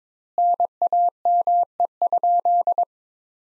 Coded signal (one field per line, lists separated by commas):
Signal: Morse code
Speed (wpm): 22 wpm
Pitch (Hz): 700 Hz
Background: none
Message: NAME?